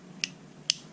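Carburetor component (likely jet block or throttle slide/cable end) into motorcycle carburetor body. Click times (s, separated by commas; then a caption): 0.7 s. A carburetor part, likely the jet block or the throttle slide or cable end, is refitted into the carburetor body of a 2006 YZ125 two-stroke dirt bike after an earlier try. Two short, sharp clicks sound over a low steady hum, a softer one at 0.2 s and a louder one at 0.7 s. The part clicks into place and is seated at 0.7 s.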